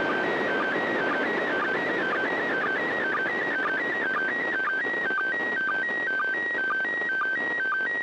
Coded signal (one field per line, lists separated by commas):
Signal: SSTV (slow-scan television)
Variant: PD 120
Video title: Pictures From Space, The Easy Way!